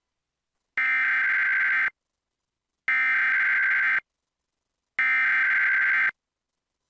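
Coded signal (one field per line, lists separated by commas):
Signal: Emergency Alert System (SAME) tones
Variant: header bursts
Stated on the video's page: Statewide Required Monthly Tests relayed by TV stations, captured from a satellite DVR receiver and a streaming app.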